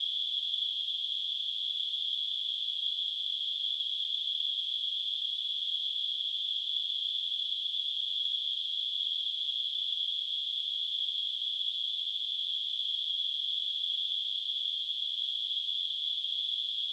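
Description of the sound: Simulated tinnitus: a steady, continuous high-pitched narrowband hiss centred near 3.5 kHz, unchanging in pitch and loudness throughout, with nothing in the low frequencies.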